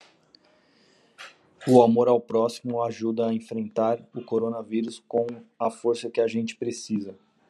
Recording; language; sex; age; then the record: spoken sentence; Brazilian Portuguese; male; 30 to 39 years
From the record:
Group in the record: control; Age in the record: 37 years